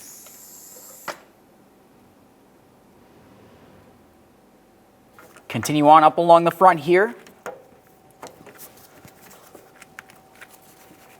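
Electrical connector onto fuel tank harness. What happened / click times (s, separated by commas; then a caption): The connector is being handled and has not yet clicked home / none. A fuel pump electrical connector on the wiring harness along the front of the fuel tank of a 2005–2010 Dodge Dakota is handled during fuel pump module assembly replacement. Someone talks, followed by scattered short taps and handling noises. Nothing has seated or clicked yet.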